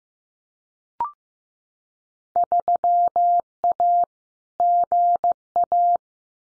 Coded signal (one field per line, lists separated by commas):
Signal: Morse code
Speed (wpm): 15 wpm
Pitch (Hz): 700 Hz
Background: none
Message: 3A GA